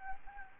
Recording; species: mosquito wingbeat signal from an infrared sensor; Anopheles gambiae